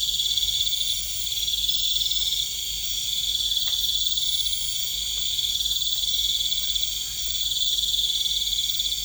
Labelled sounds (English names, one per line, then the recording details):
none
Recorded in pastures near Puerto Asís, Putumayo, Colombia, on 20 December 2024 at 19:30
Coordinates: 0.472, -76.329
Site G072